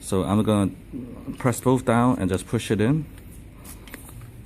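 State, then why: Seated. Someone talks while pressing down both silver spring push-in pins on an Eddie Bauer Portable Collapsible Shovel and pushing one shaft section straight onto the other. The pins pop into the holes with two quick sharp clicks at about 3.9 s, and the section is seated.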